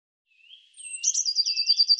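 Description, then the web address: Bird song: soft rising chirps, then a thin, very high whistled note leading into a fast, even trill of bright pulses, with no other sounds. "birddata Deverinetal 2025 Bird Cy Ca"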